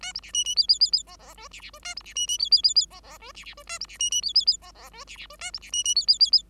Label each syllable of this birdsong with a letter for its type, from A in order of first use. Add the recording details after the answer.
A B C D D E E E E F F G C C G A B C D D E E E E F F G C C G A B C D D E E E F F G C C G A B C D D E E E E. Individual Bird5